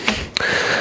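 The remaining bead of a tubeless tire snaps onto a bicycle wheel rim as it is pumped with a compressor to about 60 psi, with sharp pops at 0.1 s and 0.4 s. Steady hiss follows, and the tire is seated and sealed and not coming undone.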